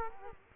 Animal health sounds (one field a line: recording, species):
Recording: mosquito wingbeat signal from an infrared sensor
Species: Culex quinquefasciatus